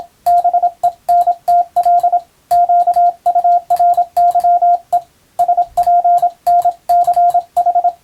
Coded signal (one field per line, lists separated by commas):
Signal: Morse code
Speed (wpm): 26 wpm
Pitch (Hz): 700 Hz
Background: radio noise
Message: BENTL QURYE SPNCH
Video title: ボケ防止に昔楽しんだモールス符号を思い出そう！YouTubeの再生速度を聞き取りやすい速度に設定して受信練習を始めてみませんか(morse code practice radio operator )